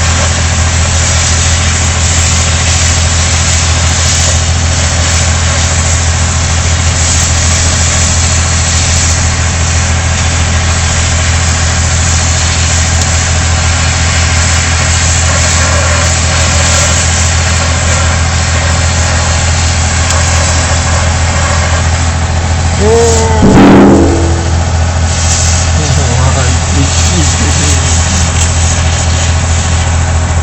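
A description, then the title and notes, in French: Gas pipeline dismantling work: a heavy engine drones steadily throughout with a deep, constant low hum and a dense rumbling wash above it. Around 23 to 24 seconds a sharp metallic screech or squeal rises briefly, followed by a few fainter squeaks near 26 seconds. Demontage gazoduc uckange guenange lorraine.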